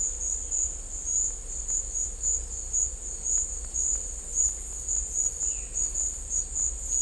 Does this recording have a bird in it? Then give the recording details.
no. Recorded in dense forest near Puerto Asís, Putumayo, Colombia, on 16 December 2024 at 11:30. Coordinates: 0.500, -76.322. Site G053